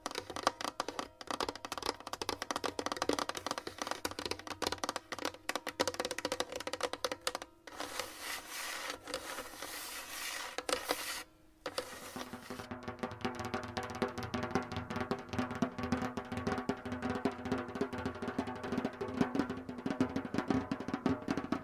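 Scratching and tapping fill the clip with dense, quick clicks and rustles, like fingernails working over a surface. Around seconds 7.5 to 12.5 the sound shifts to a smoother, brighter hiss with two brief dropouts, then the busy scratching and tapping resume steadily.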